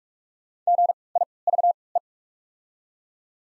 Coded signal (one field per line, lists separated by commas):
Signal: Morse code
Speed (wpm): 46 wpm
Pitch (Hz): 700 Hz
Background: none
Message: GIVE